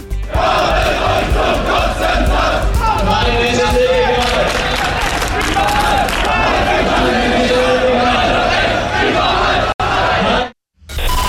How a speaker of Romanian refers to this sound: Și alegeri parlamentare în Germania, Angela Merkel câștigă al patrulea mandat de cancelar, extrema dreaptă ajunge în Parlament, în stradă oamenii au strigat naziștii afară.